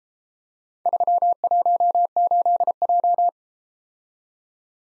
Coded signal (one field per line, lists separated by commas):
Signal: Morse code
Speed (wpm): 32 wpm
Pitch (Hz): 700 Hz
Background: none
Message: 318J